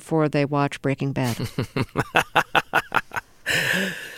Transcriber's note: laughter